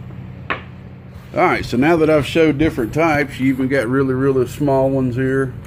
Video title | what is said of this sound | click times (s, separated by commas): How To Install Anderson Quick Disconnects via Solder | gonna plug in this direction until you hear it snap | 0.5 s